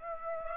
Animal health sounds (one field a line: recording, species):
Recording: mosquito wingbeat signal from an infrared sensor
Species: Aedes aegypti